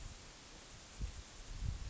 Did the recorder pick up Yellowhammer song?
no